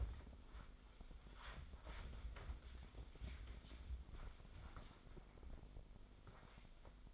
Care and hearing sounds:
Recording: daily activity, microphone in the room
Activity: wipe stove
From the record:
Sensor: 5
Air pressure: 996.2 hPa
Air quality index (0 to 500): 96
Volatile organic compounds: 6 ppm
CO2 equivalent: 1839 ppm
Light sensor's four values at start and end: 38/88/37/40 and 36/80/35/38

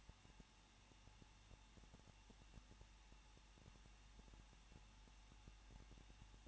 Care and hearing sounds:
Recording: daily activity, microphone in the room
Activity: no activity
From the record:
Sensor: 1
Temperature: 20.1 degrees Celsius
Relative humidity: 39.2%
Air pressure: 1006.3 hPa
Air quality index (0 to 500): 218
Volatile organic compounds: 77 ppm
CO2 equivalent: 3580 ppm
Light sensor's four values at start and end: 1/2/1/1 and 1/2/1/1

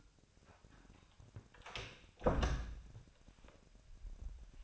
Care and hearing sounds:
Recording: daily activity, microphone in the room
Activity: close door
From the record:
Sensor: 2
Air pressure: 1007.2 hPa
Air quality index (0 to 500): 188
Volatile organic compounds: 11 ppm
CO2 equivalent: 2306 ppm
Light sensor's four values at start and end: 10/24/10/10 and 10/24/10/10

